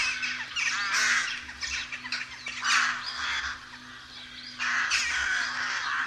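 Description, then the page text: Rooks giving loud bursts of harsh, nasal cawing, busy clusters of calls separated by a brief quieter spell, over a low steady hum. Rook colony. "Б. Вепринцев - Голоса весны (1970) - A1. Колония грачей"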